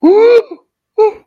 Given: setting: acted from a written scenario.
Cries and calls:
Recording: vocal sound without words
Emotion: fear

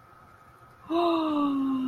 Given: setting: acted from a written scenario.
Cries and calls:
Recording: vocal sound without words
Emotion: awe

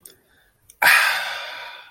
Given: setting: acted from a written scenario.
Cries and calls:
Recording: vocal sound without words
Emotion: contentment

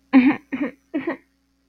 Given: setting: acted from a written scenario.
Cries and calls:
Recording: vocal sound without words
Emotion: sympathy

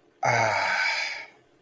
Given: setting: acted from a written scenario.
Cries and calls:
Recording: vocal sound without words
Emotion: contentment

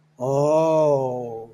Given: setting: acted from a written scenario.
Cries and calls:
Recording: vocal sound without words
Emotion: awe

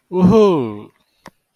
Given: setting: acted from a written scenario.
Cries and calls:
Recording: vocal sound without words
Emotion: ecstasy

